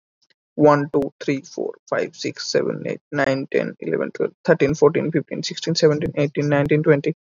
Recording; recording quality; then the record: counting at a fast pace; excellent, no background noise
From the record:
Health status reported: healthy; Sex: male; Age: 24 years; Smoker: no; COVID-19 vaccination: both doses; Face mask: worn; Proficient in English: yes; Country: India